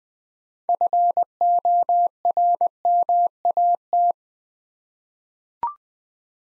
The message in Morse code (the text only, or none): FORMAT